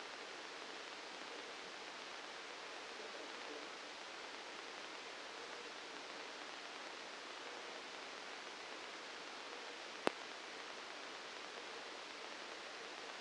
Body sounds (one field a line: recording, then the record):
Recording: brain microelectrode recording played as sound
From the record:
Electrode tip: outside the subthalamic nucleus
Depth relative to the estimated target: -4 mm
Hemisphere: left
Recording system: NeuroSet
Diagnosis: Parkinson's disease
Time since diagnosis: 9 years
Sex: male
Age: 56 years